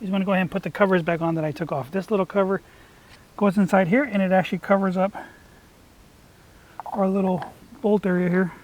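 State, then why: Not seated. A small plastic cover is handled over the bolt area on a 2014 Ford F150 truck door after a door actuator replacement while someone talks. Nothing has seated or clicked yet by the end of the clip, and the cover is not yet home.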